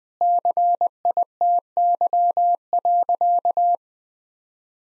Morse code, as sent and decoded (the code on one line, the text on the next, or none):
-.-. .. - -.-- .-.-.-
CITY.